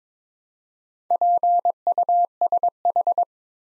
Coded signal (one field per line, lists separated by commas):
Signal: Morse code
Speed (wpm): 22 wpm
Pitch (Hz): 700 Hz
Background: none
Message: PUSH